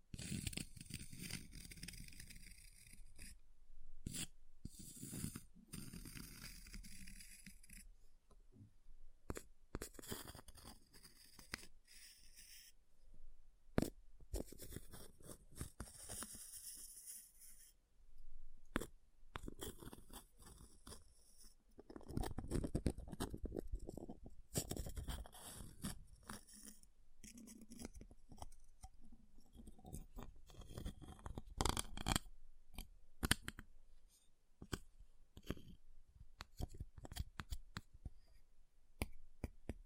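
Ice is tapped, scratched and carved in uneven bursts, sharp clicks and gritty scraping coming in dense clusters with brief quieter gaps throughout.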